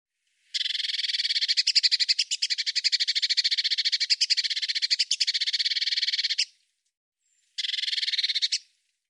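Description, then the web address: Eurasian blue tit rattling churr: one long, continuous buzzy run of rapid pulses lasting about six seconds, followed after a brief pause by a short one-second burst. "Deverinetal"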